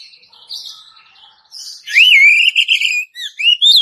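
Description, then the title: Oriental magpie-robin singing a quiet twittering passage that breaks into a loud, rich warbled whistle, followed by short upslurred and downslurred notes. "Kacer"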